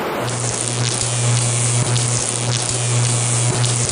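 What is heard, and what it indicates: A steady, low electrical buzz sits under a constant hiss for about four seconds, broken by brief, irregular dips. It is a simulated tinnitus sound, played over loudspeakers, that resembles the interference heard when a phone call comes in. It is bearable briefly but irritating if constant.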